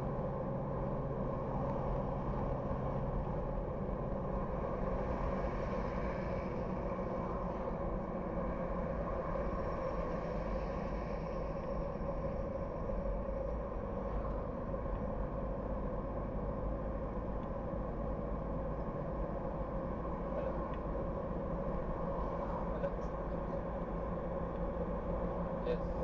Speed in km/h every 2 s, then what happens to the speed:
82, 82, 82, 75, 72, 68, 65, 64, 63, 66, 68, 70, 70.
4-11 slows to 65. 11-17 steady at about 64. 17-26 speeds up to 70.